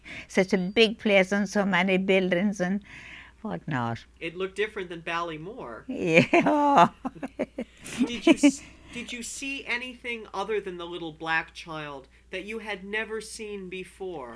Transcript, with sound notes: Such a big place and so many buildings and whatnot.
It looked different than Ballymore. (laughs) Did you see anything, other than the little black child, that you had never seen before?